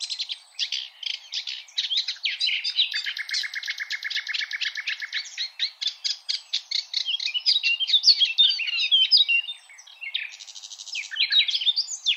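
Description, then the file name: Common nightingale singing continuously: loud, dense phrases of fast clicking and chirping notes, including a long, low, even rattle, with brief whistled notes near the end. "Luscinia megarhynchos"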